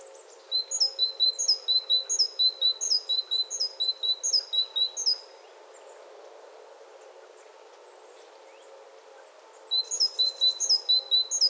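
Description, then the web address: Great tit calling in a fast repeated run of high, sharp two-part notes for about five seconds, a pause with faint background, then the same series resumes. "SETE data Parus major"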